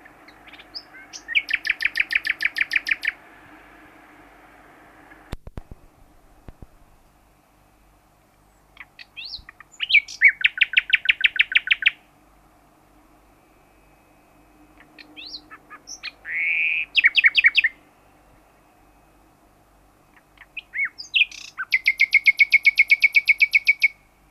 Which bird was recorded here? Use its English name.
Common Nightingale